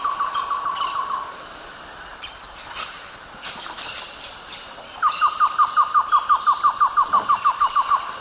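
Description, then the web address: Cocha antshrike song: a brief series of rapid notes, then a longer, louder run of about seventeen downslurred notes, with scattered other sounds in between. South America, eastern lowlands. "Natures Songs S America Eastern Lowlands. Cocha Antshrike"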